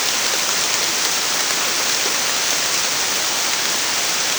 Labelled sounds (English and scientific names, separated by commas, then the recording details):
none
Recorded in dense forest near Puerto Asís, Putumayo, Colombia, on 29 June 2025 at 13:00
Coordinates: 0.468, -76.322
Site GP03